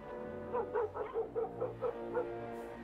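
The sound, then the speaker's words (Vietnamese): Dogs bark at night in a quick, uneven run of about eight short, mid-pitched yelps over a steady low hum, then fall quiet. “Tôi đi từ từ nhìn ra ngoài coi mấy con chó sủa cái gì, nhưng ra tới nơi không có gì bất thường cả.”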